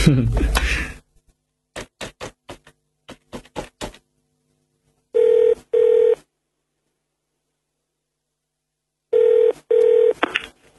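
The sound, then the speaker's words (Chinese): A quick run of short keypad presses on a phone as a call is placed, followed by two pairs of steady, mid-pitched double ring tones separated by silence. “诶，系啊，即系电话我打得唔得？”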